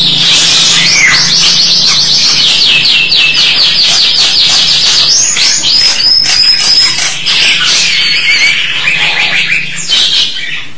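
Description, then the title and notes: Starling song: a long run of rapid, buzzy, rattling trills and harsh chatter, high-pitched and nearly continuous. "suara burung jalak"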